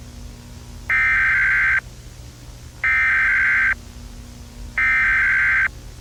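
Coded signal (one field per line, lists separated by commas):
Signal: Emergency Alert System (SAME) tones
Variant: header bursts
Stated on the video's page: Fictional EAS scenario made with EAS tools, not a real alert.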